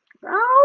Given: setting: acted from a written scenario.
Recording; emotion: vocal sound without words; anger